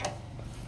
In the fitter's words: பார்த்தீங்கன்னா லாக் ஆயிடுச்சு நல்லா பாருங்க ஃபுல்லா லாக் ஆயிடுச்சு